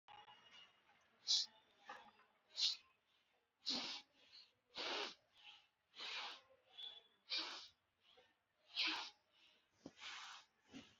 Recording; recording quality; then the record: shallow breathing; excellent, no background noise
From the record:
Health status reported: healthy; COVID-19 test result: negative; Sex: male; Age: 33 years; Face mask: worn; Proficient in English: yes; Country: India